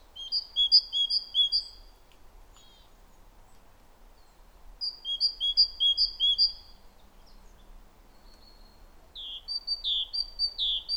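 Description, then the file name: Great tit song in three bursts of quick two-note phrases, a high note dropping to a lower one, with separating pauses and a few other chirps between. "Parus major"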